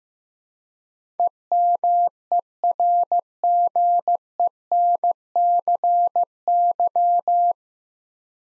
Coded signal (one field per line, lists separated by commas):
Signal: Morse code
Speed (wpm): 15 wpm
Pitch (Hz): 700 Hz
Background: none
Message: EMERGENCY